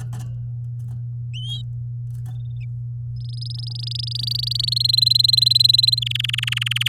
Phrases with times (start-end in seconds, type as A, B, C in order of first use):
3.16-4.70 A, 4.72-5.99 B, 6.01-6.88 C